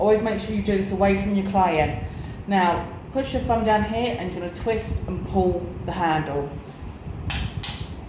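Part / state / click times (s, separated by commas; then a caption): disposable dermaplaning blade released from handle into blade remover box / released / 7.3 s, 7.6 s. A disposable metal dermaplaning blade is removed from its handle inside a blade remover box: the handle is pushed into the box, a thumb presses down, and the handle is twisted and pulled while someone talks. Two sharp clicks at 7.3 s and 7.6 s mark the blade releasing from the handle into the box.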